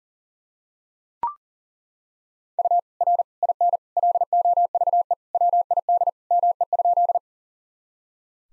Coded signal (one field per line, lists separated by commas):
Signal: Morse code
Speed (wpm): 40 wpm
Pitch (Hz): 700 Hz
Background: none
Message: U R IN LOVE WID ME?